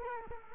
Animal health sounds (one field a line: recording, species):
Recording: mosquito wingbeat signal from an infrared sensor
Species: Culex quinquefasciatus